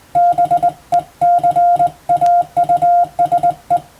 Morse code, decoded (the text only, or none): BECAUSE